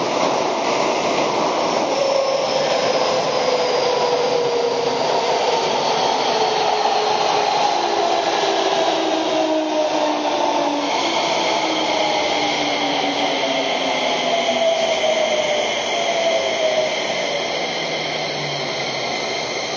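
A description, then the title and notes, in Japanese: Inside an electric commuter train in motion, a steady, dense rumble and hiss of wheels on track fills the whole stretch. Several whining motor tones glide slowly downward as the train eases its speed, with a shift in the tones around the eleven-second mark. 京王5000系 本八幡〜橋本。日中に運転が行われている都営新宿線 本八幡〜京王相模原線 橋本の運用を録音しました。都営新宿線は各停で京王線は区間急行となる。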